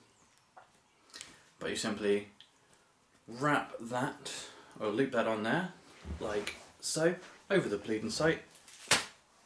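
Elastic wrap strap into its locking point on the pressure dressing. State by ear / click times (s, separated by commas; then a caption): seated / 8.9 s. Someone talks while the stretchy elastic strap of a Slishman Pressure Wrap pressure dressing is looped over the bleeding site and pulled tight into its locking point. A sharp hit sounds at 8.9 s as the strap locks into place and is seated.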